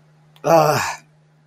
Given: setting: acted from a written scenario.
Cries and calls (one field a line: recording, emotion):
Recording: vocal sound without words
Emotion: contempt